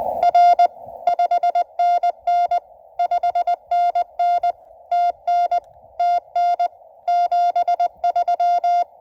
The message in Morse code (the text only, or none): R 5NN 5NN TN TN 73